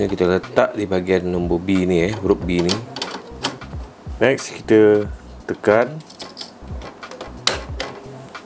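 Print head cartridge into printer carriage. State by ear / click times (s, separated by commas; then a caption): seated / 7.5 s. Someone talks while pressing the black print head cartridge into its holder in the carriage of a Canon G3010 ink-tank printer. A sharp click at 7.5 s shows the cartridge has snapped home and is seated.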